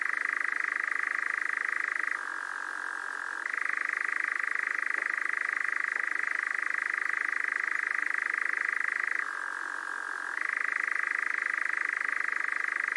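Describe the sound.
Nightjar producing a sustained mechanical churr, even and continuous, broken twice by a lower-pitched, softer section.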